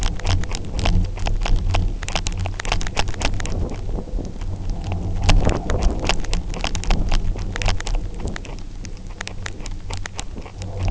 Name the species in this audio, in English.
none